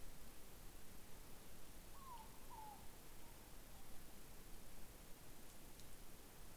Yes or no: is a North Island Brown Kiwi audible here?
no